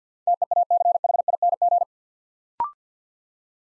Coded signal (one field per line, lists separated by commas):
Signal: Morse code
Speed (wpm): 50 wpm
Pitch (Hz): 700 Hz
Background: none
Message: TEACHING